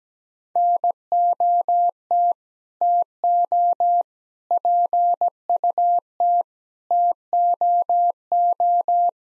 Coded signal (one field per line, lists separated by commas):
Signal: Morse code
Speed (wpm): 17 wpm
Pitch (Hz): 700 Hz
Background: none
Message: NOT TO PUT TOO